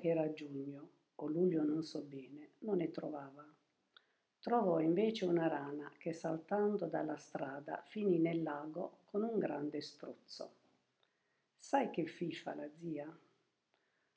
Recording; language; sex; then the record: read passage; Italian; female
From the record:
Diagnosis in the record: healthy control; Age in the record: 72 years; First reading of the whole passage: 67 s, 7.5 characters per second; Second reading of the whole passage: 67 s, 7.5 characters per second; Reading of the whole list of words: 68 s, 4.2 characters per second